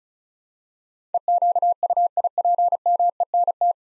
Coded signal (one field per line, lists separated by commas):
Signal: Morse code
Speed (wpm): 36 wpm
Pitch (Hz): 700 Hz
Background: none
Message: EQUIPMENT